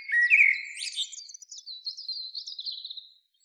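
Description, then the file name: Common blackbird, one phrase: a rich warbled start that slides into a thin, high, rapid twitter fading away. "Turdus merula"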